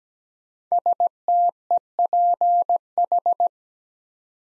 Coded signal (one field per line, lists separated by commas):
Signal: Morse code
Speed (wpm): 17 wpm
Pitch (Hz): 700 Hz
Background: none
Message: STEPH